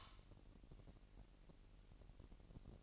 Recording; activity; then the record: daily activity, microphone in the room; light on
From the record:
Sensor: 4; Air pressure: 1002.7 hPa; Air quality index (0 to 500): 250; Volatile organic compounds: 17 ppm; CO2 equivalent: 2586 ppm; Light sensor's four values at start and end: 6/14/5/6 and 7/16/6/7